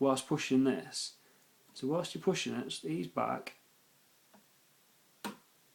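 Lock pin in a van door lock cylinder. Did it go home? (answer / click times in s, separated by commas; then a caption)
yes / 5.2 s. Someone talks while picking a van door lock, keeping light tension and pushing a lock pin in the cylinder. After a pause, a short, sharp metal click sounds at 5.3 s as the pin sets at the shear line and stays seated.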